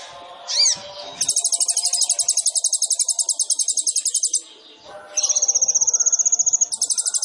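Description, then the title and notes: Sunbird producing a very high, fast, continuous trill for about three seconds, a pause, then another long trill at slightly lower pitch. Indonesian masteran songbird training recording of a gacor (actively singing) kolibri ninja, full of isian (fill notes) and tembakan (bursts), intended as a lure (pancingan). "MASTERAN KOLIBRI NINJA TERBAIK FULL ISIAN DAN TEMBAKAN MEWAH COCOK BUAT PANCINGAN. Suara Burung Kolibri Ninja Gacor"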